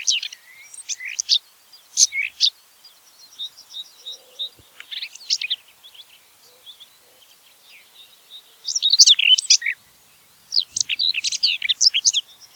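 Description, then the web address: Common whitethroat song: short, scratchy, chattering bursts of high notes separated by quieter gaps with soft thin notes, the last two bursts louder and denser. "geluiden grasmus zang"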